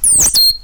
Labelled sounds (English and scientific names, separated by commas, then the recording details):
Stitchbird (Notiomystis cincta) song
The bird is a male
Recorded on Tiritiri Matangi Island, New Zealand, in 2005
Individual 12, of nest box 16